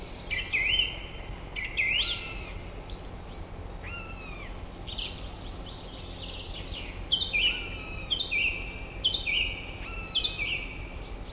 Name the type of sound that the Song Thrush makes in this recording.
song